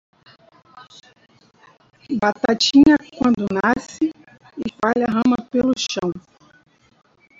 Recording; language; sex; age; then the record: short text; Brazilian Portuguese; female; 50 to 59 years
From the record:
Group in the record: control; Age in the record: 56 years